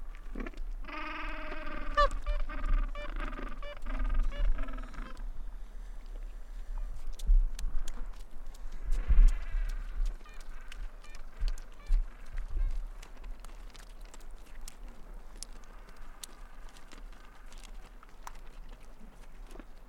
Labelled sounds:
Gentoo Penguin (Pygoscelis papua) call

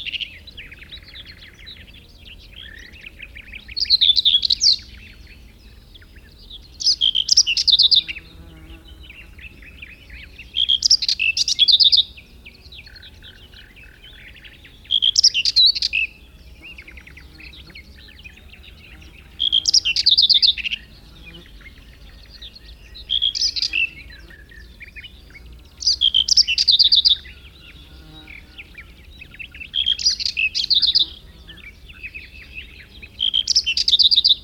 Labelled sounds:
Common Whitethroat (Sylvia communis) song

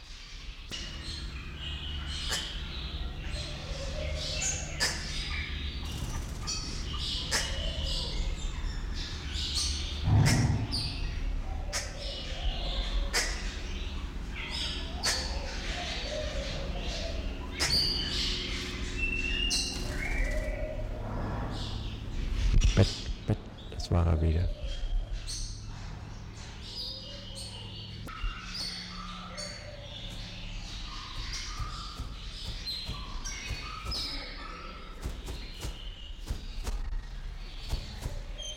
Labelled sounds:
Double-toothed Barbet (Lybius bidentatus) call

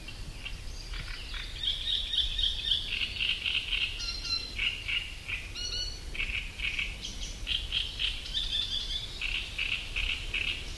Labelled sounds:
Great Reed Warbler (Acrocephalus arundinaceus) song

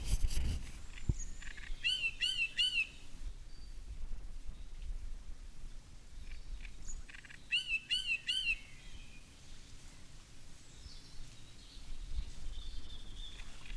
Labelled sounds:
Great Reed Warbler (Acrocephalus arundinaceus)

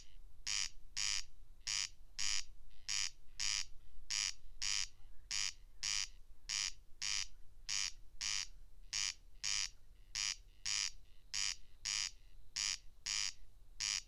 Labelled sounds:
Corn Crake (Crex crex) song

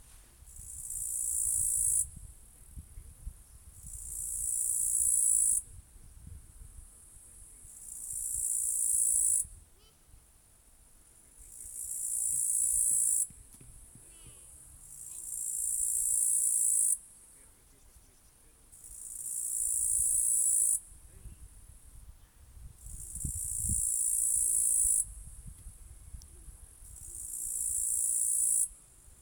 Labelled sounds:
Upland Green Bush-cricket (Tettigonia cantans) stridulation

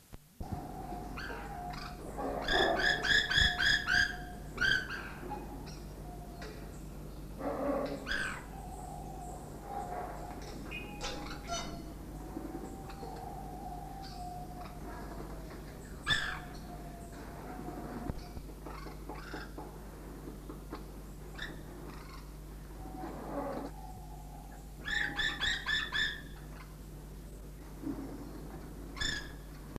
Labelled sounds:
White Woodpecker (Melanerpes candidus) call

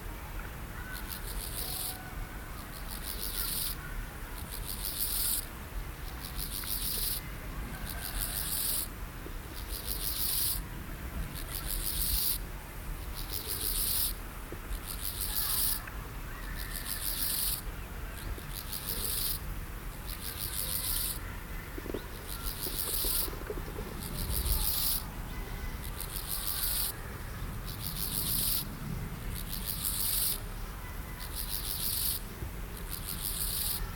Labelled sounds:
Steppe Grasshopper (Chorthippus dorsatus) stridulation

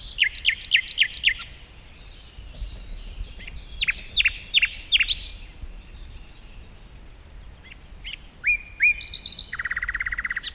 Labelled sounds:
Common Nightingale (Luscinia megarhynchos) song

